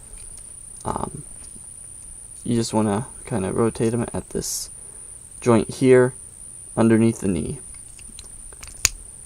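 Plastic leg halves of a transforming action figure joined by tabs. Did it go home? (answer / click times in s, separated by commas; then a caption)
yes / 8.9 s. Someone talks while rotating the plastic leg halves of a Transformers Titans Return Skullsmasher action figure at the joint under the knee, then presses the halves together until their tabs lock. A single sharp plastic snap at 8.9 s marks the leg halves seating, over a steady high-pitched tone that runs through the clip.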